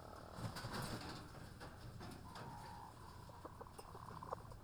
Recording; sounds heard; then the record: poultry house recording; sick chickens (respiratory disease)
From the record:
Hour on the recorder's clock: 17